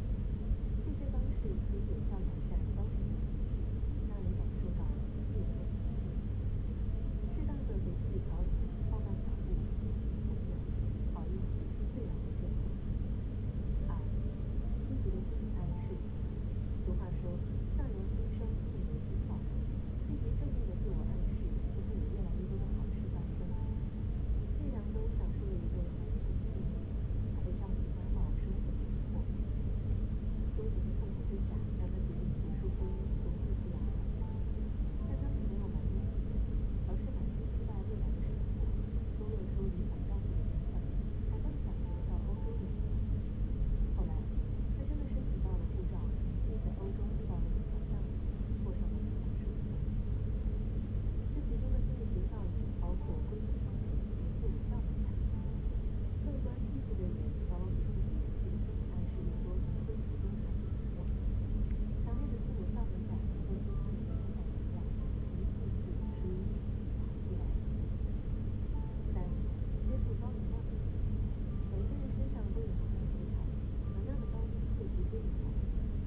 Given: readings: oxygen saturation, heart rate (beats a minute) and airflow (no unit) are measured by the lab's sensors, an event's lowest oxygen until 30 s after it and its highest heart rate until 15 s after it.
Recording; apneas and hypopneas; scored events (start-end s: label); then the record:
a person awake in a sleep study, by a smartphone at the bedside; none
0.00-76.06 s: awake
From the record:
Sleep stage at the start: awake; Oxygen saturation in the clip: 95%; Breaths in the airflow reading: 23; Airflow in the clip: -5.3 to 5.0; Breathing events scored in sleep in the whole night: 335 in 6.7 hours asleep